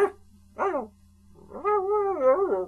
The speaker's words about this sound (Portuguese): Ladra o que quiseres.